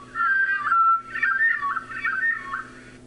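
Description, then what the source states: Hermit Thrush song slowed down, clear whistled notes followed by wavering, fluting phrases. Song played slowed to half speed.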